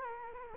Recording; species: mosquito wingbeat signal from an infrared sensor; Culex quinquefasciatus